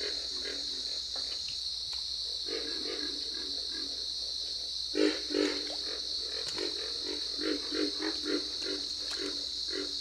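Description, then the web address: Pig frog giving deep snorting grunts, quieter at first with louder clusters near the middle and end, above a constant high buzzing background. "Dan Gibson's Solitudes Frog Song. Pig Frog"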